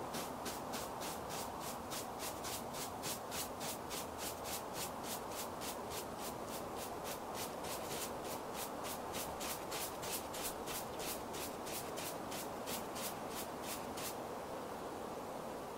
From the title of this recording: Doing Your Makeup Outside on a Sunny Day